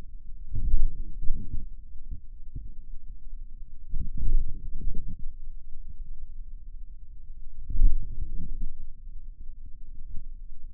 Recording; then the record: forearm muscle sounds (acoustic myography)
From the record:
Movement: ulnar deviation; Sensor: system 2, bracelet of six BSWA MPA416 microphones around the upper forearm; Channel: 4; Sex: male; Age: 22 years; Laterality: right